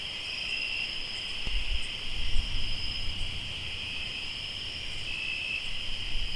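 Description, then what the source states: Cricket chorus trilling high and unbroken, with a short knock and some low rumble in the background. Crickets recorded in Tlayacapan, Morelos.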